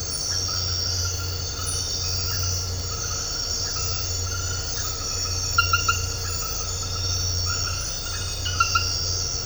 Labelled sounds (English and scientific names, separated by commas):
none